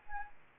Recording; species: mosquito wingbeat signal from an infrared sensor; Anopheles arabiensis